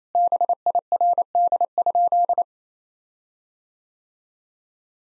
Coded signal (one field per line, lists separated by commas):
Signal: Morse code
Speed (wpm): 28 wpm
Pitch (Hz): 700 Hz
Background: none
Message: BIRD?